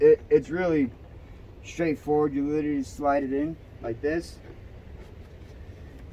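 An attachment shaft is slid into the coupling of a multi-tool power head while someone talks over a low steady background hum. Nothing has clicked or latched into place yet.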